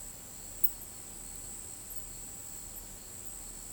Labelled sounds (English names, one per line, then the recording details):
none
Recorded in pastures near Pivijay, Magdalena, Colombia, on 18 April 2023 at 22:00
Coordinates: 10.456, -74.369
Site P6-G026